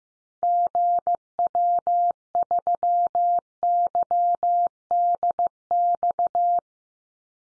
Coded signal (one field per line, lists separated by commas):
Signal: Morse code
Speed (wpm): 15 wpm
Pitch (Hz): 700 Hz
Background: none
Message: GW3YDX